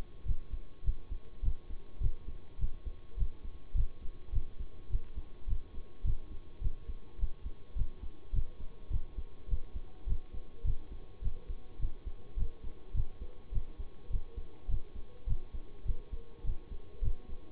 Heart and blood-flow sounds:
heart sounds by stethoscope; between the tricuspid and mitral areas; 104 bpm
0.25 s: heartbeat
0.84 s: heartbeat
1.42 s: heartbeat
2.00 s: heartbeat
2.58 s: heartbeat
3.17 s: heartbeat
3.74 s: heartbeat
4.32 s: heartbeat
4.89 s: heartbeat
5.47 s: heartbeat
6.04 s: heartbeat
6.61 s: heartbeat
7.18 s: heartbeat
7.75 s: heartbeat
8.32 s: heartbeat
8.90 s: heartbeat
9.48 s: heartbeat
10.06 s: heartbeat
10.64 s: heartbeat
11.22 s: heartbeat
11.79 s: heartbeat
12.36 s: heartbeat
12.94 s: heartbeat
13.52 s: heartbeat
14.10 s: heartbeat
14.68 s: heartbeat
15.26 s: heartbeat
15.85 s: heartbeat
16.44 s: heartbeat
17.01 s: heartbeat
From the record:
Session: bicycle stress test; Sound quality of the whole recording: good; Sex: male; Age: 26 years

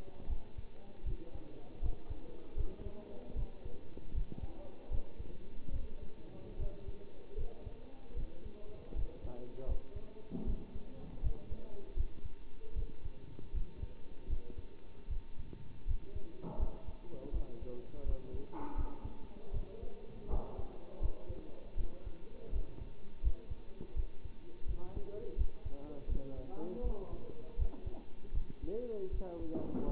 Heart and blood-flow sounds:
heart sounds by stethoscope; between the tricuspid and mitral areas; 79 bpm
0.29 s: heartbeat
1.05 s: heartbeat
1.82 s: heartbeat
2.56 s: heartbeat
3.35 s: heartbeat
4.14 s: heartbeat
4.90 s: heartbeat
5.72 s: heartbeat
6.58 s: heartbeat
7.37 s: heartbeat
8.15 s: heartbeat
8.95 s: heartbeat
9.67 s: heartbeat
10.46 s: heartbeat
11.22 s: heartbeat
11.96 s: heartbeat
12.75 s: heartbeat
13.53 s: heartbeat
14.29 s: heartbeat
15.09 s: heartbeat
15.87 s: heartbeat
16.59 s: heartbeat
17.32 s: heartbeat
18.05 s: heartbeat
18.76 s: heartbeat
19.53 s: heartbeat
20.29 s: heartbeat
21.01 s: heartbeat
21.77 s: heartbeat
22.52 s: heartbeat
23.23 s: heartbeat
23.96 s: heartbeat
24.67 s: heartbeat
25.37 s: heartbeat
26.08 s: heartbeat
26.83 s: heartbeat
27.58 s: heartbeat
28.33 s: heartbeat
29.12 s: heartbeat
29.88 s: heartbeat
From the record:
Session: bicycle stress test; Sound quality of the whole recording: good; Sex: male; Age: 27 years

